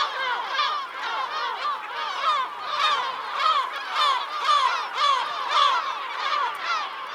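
Bird chorus of many overlapping chattering calls, swelling and fading in loose pulses roughly twice each second.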